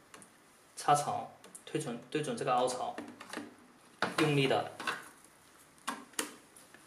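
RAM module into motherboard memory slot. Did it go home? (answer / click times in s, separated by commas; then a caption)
yes / 5.9 s, 6.2 s. Someone talks while a RAM stick, aligned with the slot notch, is pressed down firmly into a motherboard DIMM memory slot. The retention latch snaps with sharp clicks at 5.9 s and 6.2 s, and the module is seated firmly.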